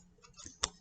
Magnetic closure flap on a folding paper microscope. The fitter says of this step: you'll feel the magnet click in place and then you'll use this